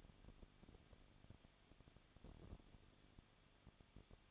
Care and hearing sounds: daily activity, microphone in the room; no activity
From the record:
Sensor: 4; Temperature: 23.0 degrees Celsius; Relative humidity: 34.5%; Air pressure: 1007.2 hPa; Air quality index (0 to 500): 216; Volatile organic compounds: 15 ppm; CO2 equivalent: 2505 ppm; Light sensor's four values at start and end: 2/3/1/1 and 2/3/1/1

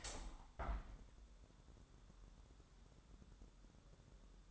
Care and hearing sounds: daily activity, microphone in the room; open window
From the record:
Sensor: 3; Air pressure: 1000.3 hPa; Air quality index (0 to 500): 246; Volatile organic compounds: 164 ppm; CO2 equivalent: 4080 ppm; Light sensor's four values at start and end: 10/23/9/9 and 10/25/10/10

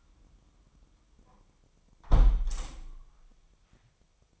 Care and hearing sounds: daily activity, microphone in the room; close window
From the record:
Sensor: 1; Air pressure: 1004.7 hPa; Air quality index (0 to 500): 103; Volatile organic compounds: 3 ppm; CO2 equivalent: 1414 ppm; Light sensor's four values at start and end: 8/21/8/9 and 8/20/7/8

